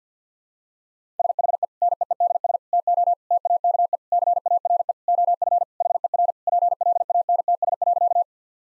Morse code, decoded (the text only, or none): SHE NEEDS TO TAKE CARE OF HER PLANTS.